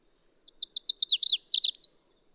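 Bird song: quick high twittering phrase of sharp downslurs, beginning with evenly spaced chips and finishing in a rapid jumble, heard once in clean quiet.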